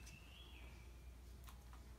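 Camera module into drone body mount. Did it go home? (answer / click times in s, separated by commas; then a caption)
no / none. A camera module for a 4DRC F11 GPS drone with 4K camera is slid along metal guide bars toward its mount under the drone body. Only quiet handling is heard: a faint, thin high tone in the first half-second and two soft ticks near 1.5 and 1.7 s over low background hum. Nothing has seated or clicked yet.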